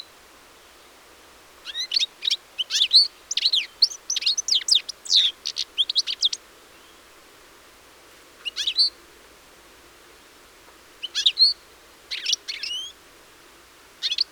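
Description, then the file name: European Goldfinch twitter: a long, dense run of high tinkling chirps, then short bursts of liquid notes separated by pauses. "Carduelis carduelis"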